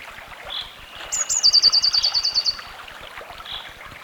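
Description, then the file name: Eurasian blue tit song: one phrase of high thin introductory notes running into a rapid tinkling trill lasting about a second, over steady rushing noise with faint chirps around it. "Cyanistes caeruleus"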